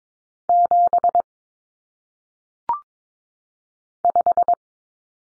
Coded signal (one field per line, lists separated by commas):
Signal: Morse code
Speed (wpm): 22 wpm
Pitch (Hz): 700 Hz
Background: none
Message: 7 5